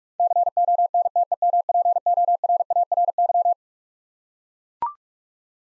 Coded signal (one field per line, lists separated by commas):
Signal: Morse code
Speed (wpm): 41 wpm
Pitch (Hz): 700 Hz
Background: none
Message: CONTEMPORARY